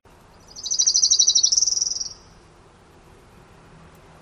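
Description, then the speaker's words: Orange-crowned warbler song, a high rapid trill lasting about one and a half seconds, shifting pitch and tempo partway through, then quiet. Song with a change in pitch and in trill tempo, making it relatively easy to tell from other local birds; recording of local Sitka bird songs. "So here is, once again, the orange-crowned warbler song."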